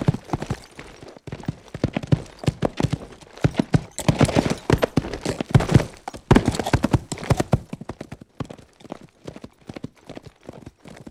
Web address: horse gallop